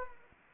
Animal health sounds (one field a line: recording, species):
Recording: mosquito wingbeat signal from an infrared sensor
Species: Anopheles arabiensis